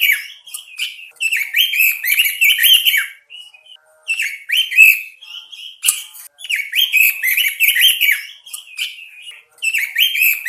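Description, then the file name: Robin song: rapid bursts of bright, warbling, scratchy phrases with twisting whistled notes, delivered in runs of a second or two separated by short pauses. Male; described as gacor, singing loudly and continuously. "suara burung robin jantan gacor"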